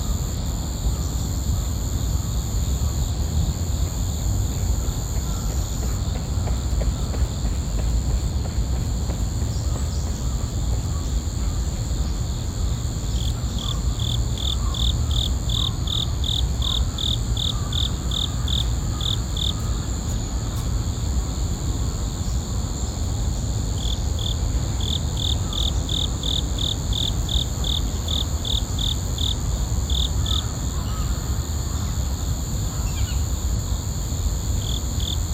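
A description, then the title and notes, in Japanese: Insects sing in a steady, dense chorus of high, bright trills. Around 13 to 20 seconds and again from 24 to 31 seconds, one insect adds rapid pulsing chirps over the constant shrill background, with a low rumble underneath throughout. 公園の朝散歩より581虫の音。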